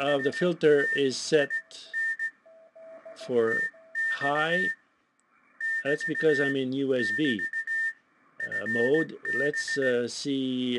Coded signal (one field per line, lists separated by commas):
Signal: Morse code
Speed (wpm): 17 wpm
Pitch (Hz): 1800 Hz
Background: speech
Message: STIN TX <BT> <BT> FB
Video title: QS1R SDRMAX3 Demo